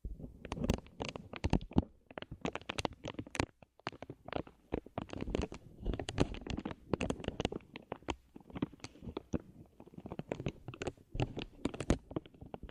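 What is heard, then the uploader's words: Dense tapping and scratching with a crinkly edge, as in ear cleaning, runs through the whole recording. Sharp clicks arrive in rapid irregular bursts several times a second, with a muffled low thump under them and short near-silent gaps around two and four seconds. This video includes tapping, scratching, crinkle sound, ear cleaning and more.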